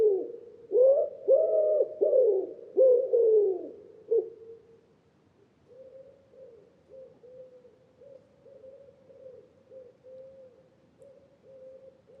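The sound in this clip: Common Wood Pigeon coo, several loud hollow coos in a rhythmic phrase, then a quieter, steady run of softer repeated coos for the remaining seconds.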